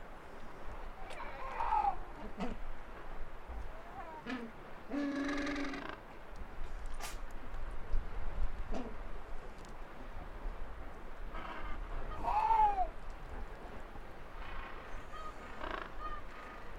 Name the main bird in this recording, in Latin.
Pygoscelis papua